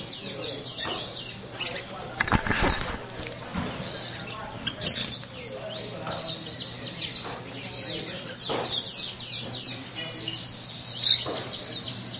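Many finches chirping together, rapid high tweets and short trills crowding one another, with a brief low thump near the start.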